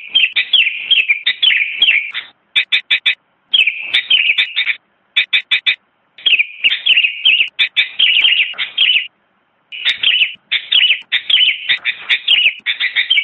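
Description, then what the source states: Sooty-headed bulbul song: bursts of bright, chattering warbled notes, high and dense, broken by short abrupt silences, with quick clipped chirps between the longer runs. Presented as a complete masteran track, birdsong used for training songbirds.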